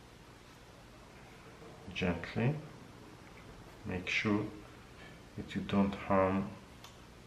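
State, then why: Not seated. Someone talks while handling the plastic closure on the side of a refilled printer ink cartridge. Nothing has clicked shut or seated yet.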